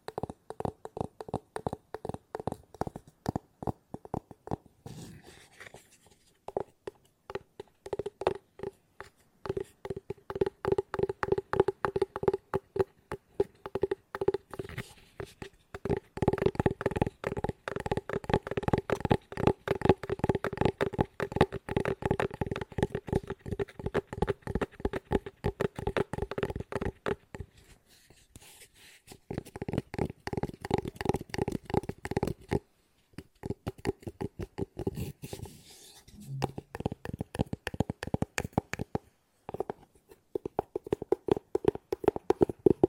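Fast ASMR tapping with no talking, a dense run of quick, regular taps that rarely pause. The taps have a hollow, mid-pitched knock with a steady tone running through them, growing heavier from about 16 to 27 seconds, with brief gaps near 6, 28 and 33 seconds.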